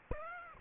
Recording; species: mosquito wingbeat signal from an infrared sensor; Aedes aegypti